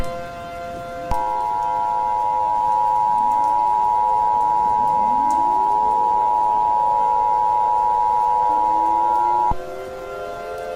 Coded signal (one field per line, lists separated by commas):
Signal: Emergency Alert System (SAME) tones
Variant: 853 and 960 Hz attention tone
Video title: Northern Indiana Tornado Chaos (EAS Scenario)